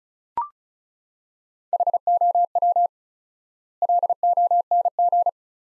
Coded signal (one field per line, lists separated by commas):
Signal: Morse code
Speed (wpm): 34 wpm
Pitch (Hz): 700 Hz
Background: none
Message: HOW LONG